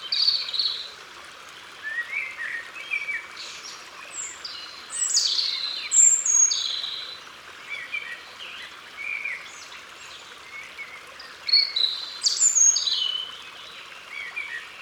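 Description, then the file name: European robin song: repeated short phrases of thin, wavering whistles and rapid trills, each a second or two long with brief gaps, over steady soft background noise. Recorded in Ardèche. "Rougegorge Familier Concerts Naturels De l Ardeche"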